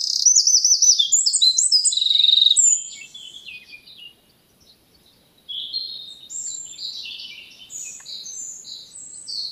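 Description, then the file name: Eurasian wren song opens with a loud, very fast high trill lasting nearly three seconds, then softer tumbling high notes broken by a short gap. "Troglodytes troglodytes"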